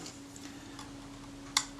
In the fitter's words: make sure it clicks down